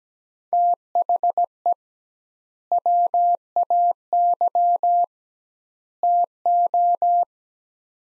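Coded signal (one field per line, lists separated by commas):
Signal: Morse code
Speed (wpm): 17 wpm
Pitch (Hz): 700 Hz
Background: none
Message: THE WAY TO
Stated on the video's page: Morse practice at 17 wpm, sets of three words with double word spacing, a Farnsworth-like method for head-copying phrases.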